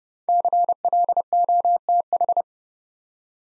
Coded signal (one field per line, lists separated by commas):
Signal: Morse code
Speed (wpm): 30 wpm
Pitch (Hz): 700 Hz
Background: none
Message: CLOTH